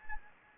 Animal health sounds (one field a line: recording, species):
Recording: mosquito wingbeat signal from an infrared sensor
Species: Anopheles gambiae